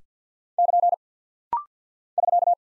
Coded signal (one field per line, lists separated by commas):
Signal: Morse code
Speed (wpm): 50 wpm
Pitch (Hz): 700 Hz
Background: none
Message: <KN> <SK>